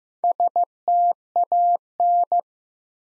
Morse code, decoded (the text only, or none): STAN